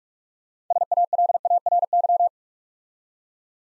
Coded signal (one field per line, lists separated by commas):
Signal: Morse code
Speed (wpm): 44 wpm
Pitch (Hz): 700 Hz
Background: none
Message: SALARY